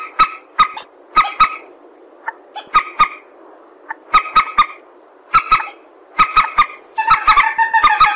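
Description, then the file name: Purple swamphen giving short groups of sharp honking notes at irregular gaps, which end in a quick rattling chatter. "tieng trich re keu"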